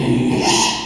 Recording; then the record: squeal of a Yucatan mini pig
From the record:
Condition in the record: after surgery on the right vocal fold (resection and tissue-engineered implant); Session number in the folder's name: 2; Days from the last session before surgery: 13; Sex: male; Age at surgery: 12 weeks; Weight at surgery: 13 kg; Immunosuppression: cyclosporine, prednisolone